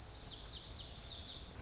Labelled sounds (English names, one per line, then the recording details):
Lazuli Bunting
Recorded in Sonoma County, California